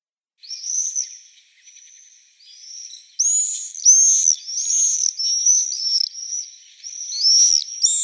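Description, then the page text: Common swift screams: high, shrill, rasping notes in a nearly continuous run, louder in the second half after a quieter start. Russia. "Птицы России - Чёрный стриж (Apus apus)"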